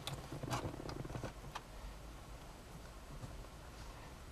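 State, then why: Not seated. A radio removal key is pushed, facing inward, into its slot in the front of an Audi A3, A4, A5 or A6 RNS-E car stereo head unit. Short sharp handling taps and scrapes at about 0.1, 0.9 and 1.6 seconds sit over a steady low hum. The key has not latched yet, so nothing has clicked or seated.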